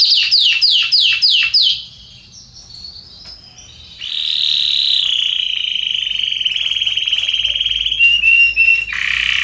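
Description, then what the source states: Canary song opening with five fast downward swoops, a soft lull, then a long rattling trill with buzzy notes near the end. Red-coloured Belgian canary, singing.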